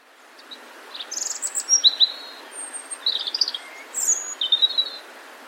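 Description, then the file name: European robin song: high, thin, sweet whistled phrases with quick scratchy notes, given in a few bursts, over a steady soft background hiss. "Erithacus rubecula"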